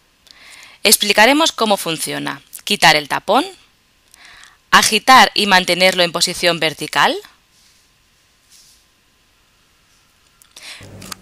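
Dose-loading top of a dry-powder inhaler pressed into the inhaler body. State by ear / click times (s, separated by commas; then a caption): seated / 11.1 s. Someone talks while an Easyhaler dry-powder multidose inhaler is held upright, then its plastic dose-loading top is pressed down into the inhaler body to load a dose. A few short handling taps lead into a sharp click at 11.1 s as the top seats.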